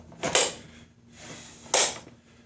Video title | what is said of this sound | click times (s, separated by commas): Worlds fastest folding table! Design #2 | that's those brackets snapping into place | 0.3 s, 1.7 s